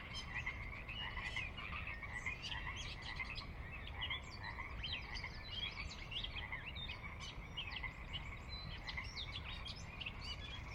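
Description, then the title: Pacific chorus frog chorus, a thick mass of repeated raspy croaks from many callers without pause, over a low steady hum. Pacific chorus frogs, ever-present on the valley floor of a glacier-carved valley on the northeastern Cascades slope, Washington, USA; wildlife area with ranch land and refuge; recorded at dusk. "Sinlahekin Valley dusk"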